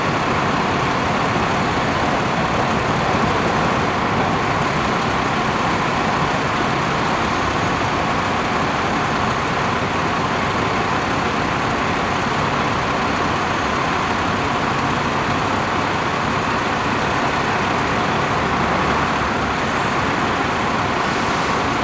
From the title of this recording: Bus Waiting to Depart Ambience